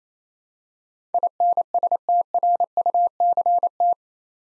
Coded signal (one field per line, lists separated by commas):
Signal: Morse code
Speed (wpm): 27 wpm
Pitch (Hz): 700 Hz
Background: none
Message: INSTRUCT